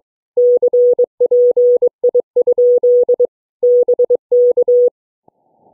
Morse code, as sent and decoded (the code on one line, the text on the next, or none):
-.-. .--. .. ..--.. / -... -.-
CPI? BK